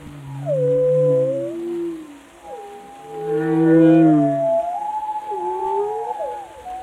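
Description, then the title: Whale vocalization with swooping tonal cries and low moans, a harsh many-toned burst in the middle, then more rising and falling tonal calls. "Whale Tales: Discovering the Stories Behind the Sounds"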